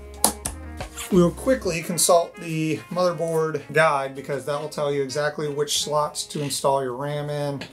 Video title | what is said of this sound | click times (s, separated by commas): Lets BUILD A PC - Family PC with RAID Mirroring | install that line up the notch and you can just press it until you hear a click | 0.2 s